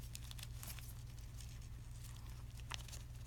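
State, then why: Not seated. Hands handle an ostomy pouch tail and its plastic closure clip after the tail has been folded twice, ready for the closure to be snapped down. Steady crinkling and rustling of the plastic is heard over a low hum, with brief sharp ticks near 0.2, 0.3, 0.6 and 2.7 seconds. Nothing has seated or clicked yet.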